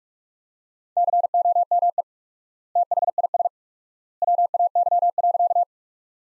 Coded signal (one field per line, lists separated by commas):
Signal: Morse code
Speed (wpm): 46 wpm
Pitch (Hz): 700 Hz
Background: none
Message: COME THIS WAY.